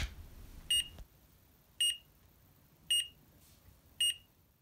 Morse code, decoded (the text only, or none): none